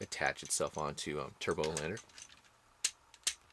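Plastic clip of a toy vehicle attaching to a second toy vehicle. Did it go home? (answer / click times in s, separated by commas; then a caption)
yes / 2.9 s, 3.3 s. Someone talks, then a small plastic clip on one toy vehicle is pressed onto a second toy vehicle during a combination. Two loud, sharp plastic clicks ring out at 2.9 s and 3.3 s as the clip snaps into place and seats.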